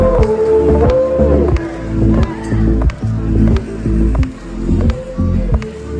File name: Koala